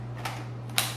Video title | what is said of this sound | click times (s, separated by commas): Which Cordless Vacuum Is Better? UWANT V500 vs Dyson V7??? | and snaps into place. | 0.8 s